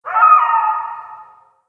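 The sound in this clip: Coyote howl: a single smooth, tonal wail holding steady then dropping slightly in pitch and fading away over about one and a half seconds, against silence.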